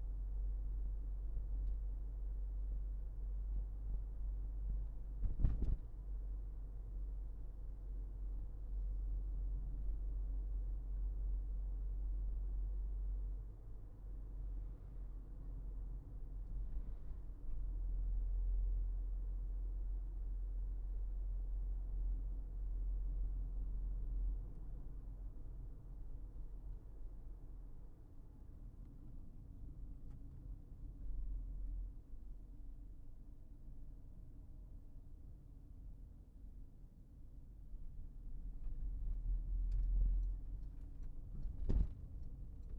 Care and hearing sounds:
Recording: everyday scene through a hearing-aid microphone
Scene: in a vehicle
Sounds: engine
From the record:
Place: Berlingo II, diesel engine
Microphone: behind the ear, left, rear

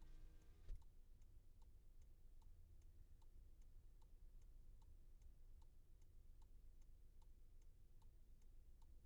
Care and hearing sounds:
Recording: everyday scene through a hearing-aid microphone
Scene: in a vehicle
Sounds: engine idling, traffic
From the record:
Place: Skoda Fabia, gasoline engine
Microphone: behind the ear, left, rear

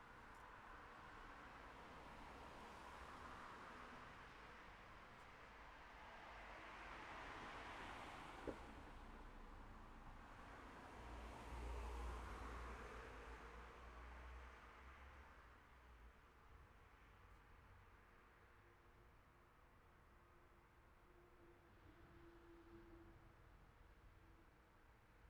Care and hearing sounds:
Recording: everyday scene through a hearing-aid microphone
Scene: in traffic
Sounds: traffic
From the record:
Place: city secondary road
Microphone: behind the ear, left, rear

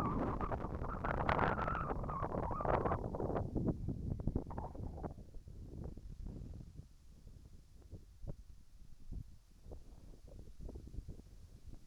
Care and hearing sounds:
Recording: everyday scene through a hearing-aid microphone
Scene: wind on the microphone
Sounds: wind, whistling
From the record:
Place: in front of a rural house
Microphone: behind the ear, right, rear

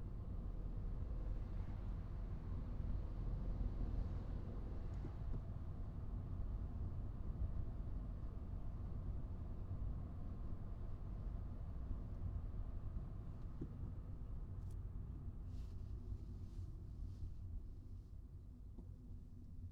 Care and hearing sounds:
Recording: everyday scene through a hearing-aid microphone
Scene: in a vehicle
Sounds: engine, traffic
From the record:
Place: Skoda Fabia, gasoline engine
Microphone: in the ear canal, right

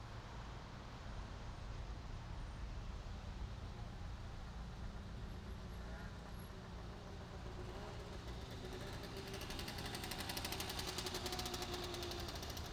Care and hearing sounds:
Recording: everyday scene through a hearing-aid microphone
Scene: in traffic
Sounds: traffic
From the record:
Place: main city hub, rush hour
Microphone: in the ear canal, right

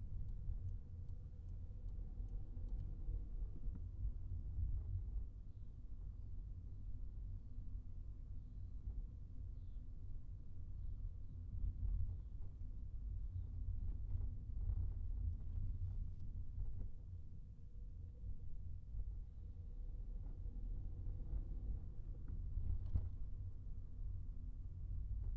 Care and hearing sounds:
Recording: everyday scene through a hearing-aid microphone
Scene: in a vehicle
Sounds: engine, highway traffic jam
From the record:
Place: Skoda Fabia, gasoline engine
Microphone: behind the ear, right, front

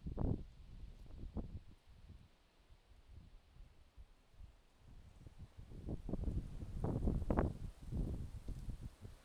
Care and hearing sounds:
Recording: everyday scene through a hearing-aid microphone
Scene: wind on the microphone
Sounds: wind, traffic, birds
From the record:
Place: suburban garden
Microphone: in the ear canal, left

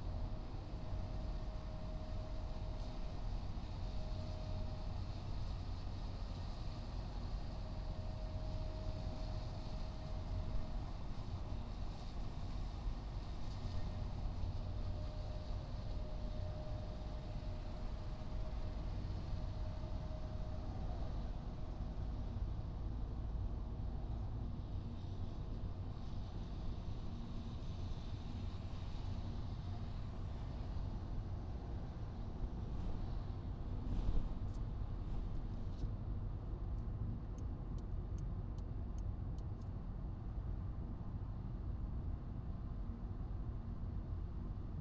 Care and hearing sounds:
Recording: everyday scene through a hearing-aid microphone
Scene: in a vehicle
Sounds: engine, highway driving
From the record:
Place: Skoda Fabia, gasoline engine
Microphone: in the ear canal, right

